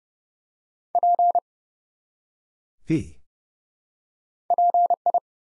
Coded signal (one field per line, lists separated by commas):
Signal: Morse code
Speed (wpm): 30 wpm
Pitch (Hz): 700 Hz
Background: none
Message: P PI